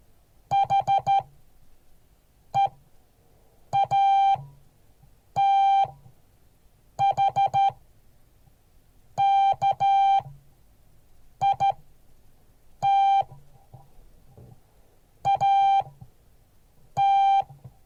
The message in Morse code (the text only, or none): HEATHKIT AT